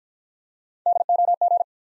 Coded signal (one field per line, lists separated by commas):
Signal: Morse code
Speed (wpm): 50 wpm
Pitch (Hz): 700 Hz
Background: none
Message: DOG